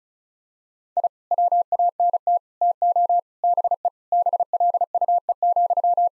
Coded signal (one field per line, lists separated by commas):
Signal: Morse code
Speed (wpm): 34 wpm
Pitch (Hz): 700 Hz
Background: none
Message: I WANT TO BE BLUE,